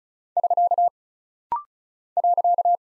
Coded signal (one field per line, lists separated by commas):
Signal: Morse code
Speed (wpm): 36 wpm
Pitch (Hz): 700 Hz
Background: none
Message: <SK> .